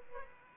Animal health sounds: mosquito wingbeat signal from an infrared sensor; Aedes aegypti

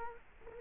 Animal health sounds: mosquito wingbeat signal from an infrared sensor; Culex quinquefasciatus

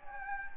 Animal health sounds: mosquito wingbeat signal from an infrared sensor; Anopheles gambiae

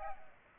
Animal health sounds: mosquito wingbeat signal from an infrared sensor; Aedes aegypti

